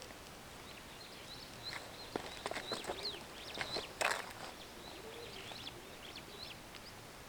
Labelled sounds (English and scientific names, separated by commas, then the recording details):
Superb Starling (Lamprotornis superbus) flight call
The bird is a male
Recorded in Kenya on 6 July 2010
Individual 62, of group MRCV